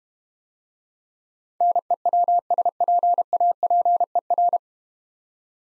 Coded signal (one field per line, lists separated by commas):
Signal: Morse code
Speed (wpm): 30 wpm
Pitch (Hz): 700 Hz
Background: none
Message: NEWSPAPER